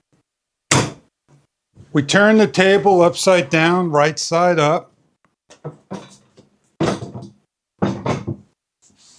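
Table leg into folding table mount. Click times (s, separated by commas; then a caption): 0.7 s. A removed leg of a Pollilar 27.5-inch bar-height folding cocktail table is snapped into its folding table mount, giving a sharp, loud snap at 0.7 s as it seats. It is unclear whether this is the storage position or the mount. Someone then talks, with a few shorter thuds around 5.3, 5.7 and 7.8 s.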